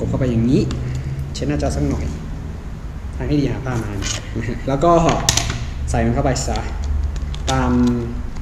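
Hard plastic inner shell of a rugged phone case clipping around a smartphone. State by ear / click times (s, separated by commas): not seated / none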